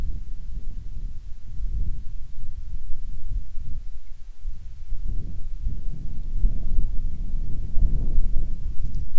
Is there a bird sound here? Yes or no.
yes